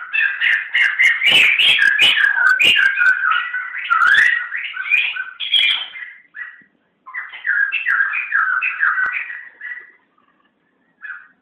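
Bird song: a rapid, continuous run of warbled, whistled notes jumping up and down, pausing briefly before a second burst, then a final short note.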